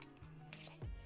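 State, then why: Not seated. The plastic kickstand on the back of a rugged polycarbonate/TPU Supcase Unicorn Beetle Pro case for a Samsung Galaxy S22 Ultra is handled as it is flipped open toward its detent. Faint handling ticks come at about 0.5 s and 1.1 s, with a low rumble around 0.8–0.9 s. The kickstand has not yet snapped into place.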